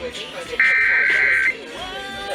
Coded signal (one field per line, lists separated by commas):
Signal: Emergency Alert System (SAME) tones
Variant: header bursts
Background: speech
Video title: Los Angeles Required Monthly Tests (EAS #2648-2679) 9/29/20